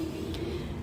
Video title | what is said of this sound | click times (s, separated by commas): Whall 12-Speed Stand Mixer Review & Instruction Manual - Top Electric Stand Mixer | to push this back down and lock into place | 0.3 s